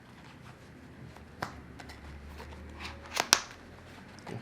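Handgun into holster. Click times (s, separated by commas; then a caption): 3.3 s. A handgun is pushed into a new holster that arrived in the mail. After a faint tap at 1.4 s and a sharper knock at 3.2 s, a loud, crisp retention click at 3.3 s shows the pistol is seated.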